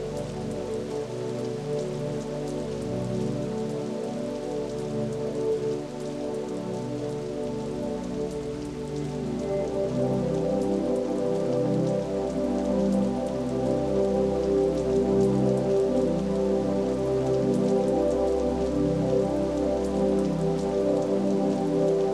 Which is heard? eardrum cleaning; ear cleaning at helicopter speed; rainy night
rainy night